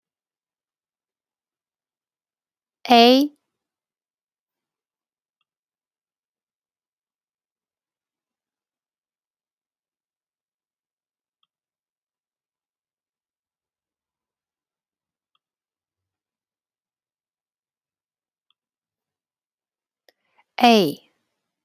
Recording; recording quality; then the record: sustained vowel as in made; excellent, no background noise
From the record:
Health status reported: healthy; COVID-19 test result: not tested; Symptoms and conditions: none ticked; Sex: female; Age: 48 years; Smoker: not ticked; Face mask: not worn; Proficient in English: yes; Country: United States